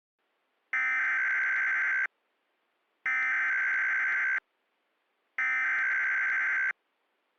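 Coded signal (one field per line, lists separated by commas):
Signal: Emergency Alert System (SAME) tones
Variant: header bursts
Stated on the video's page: Fictional EAS scenario, simulated alert.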